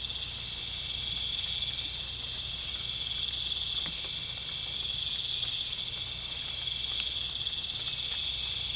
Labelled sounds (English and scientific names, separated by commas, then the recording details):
none
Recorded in pastures near Puerto Asís, Putumayo, Colombia, on 22 December 2024 at 20:00
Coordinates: 0.472, -76.329
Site G072